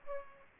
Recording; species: mosquito wingbeat signal from an infrared sensor; Aedes aegypti